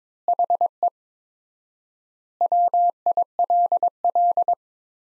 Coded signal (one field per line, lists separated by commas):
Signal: Morse code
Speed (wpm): 22 wpm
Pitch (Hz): 700 Hz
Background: none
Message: HE WILL